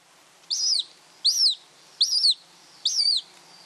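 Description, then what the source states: Hen harrier calls: four high, arched, squealing notes, each about a third of a second long, spaced under a second apart, with a quiet background. Recorded by Sean Renane of Irish Wildlife Sounds with an autonomous recorder left in a bush in the breeding area for about six weeks.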